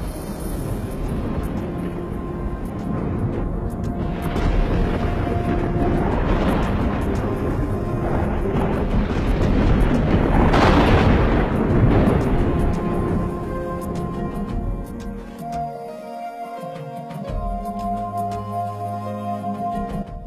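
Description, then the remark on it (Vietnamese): Five thunderbolts crash down from the sky amid a loud, continuous low rumble, with sharp crackling surges building in the middle before the roar gradually settles into a deep, steadier drone. “Lập tức năm đạo thiên lôi từ trên tầng không giáng xuống ầm ầm.”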